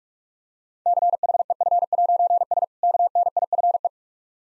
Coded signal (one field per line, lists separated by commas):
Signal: Morse code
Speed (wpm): 45 wpm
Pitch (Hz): 700 Hz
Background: none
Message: CHEF'S KNIFE